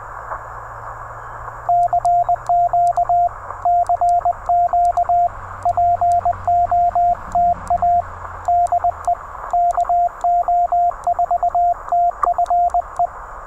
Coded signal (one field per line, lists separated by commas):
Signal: Morse code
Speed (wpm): 20 wpm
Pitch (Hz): 700 Hz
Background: radio noise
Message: CQ CQ POTA DE KO4TFE